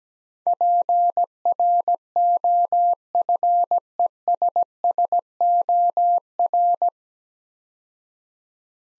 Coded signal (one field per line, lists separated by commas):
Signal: Morse code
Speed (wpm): 17 wpm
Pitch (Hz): 700 Hz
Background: none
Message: PROFESSOR